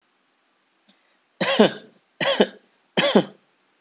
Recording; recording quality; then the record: shallow voluntary cough; excellent, no background noise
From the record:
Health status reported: healthy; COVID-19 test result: negative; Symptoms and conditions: none ticked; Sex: male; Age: 23 years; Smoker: not ticked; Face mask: not worn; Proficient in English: yes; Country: India